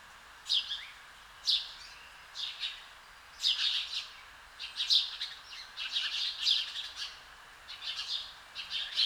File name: Passer domesticus